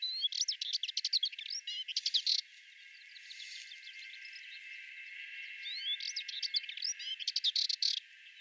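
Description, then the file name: Sardinian warbler song: fast scratchy chattering bursts of rattling notes, two phrases separated by a few quiet seconds, with a faint steady hiss beneath. "Fauvette melanocephale"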